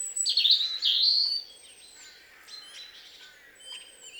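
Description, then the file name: European robin song, one high, thin, tumbling phrase of sweet notes near the start, then faint scattered twitters over quiet background. "Erithacus rubecula"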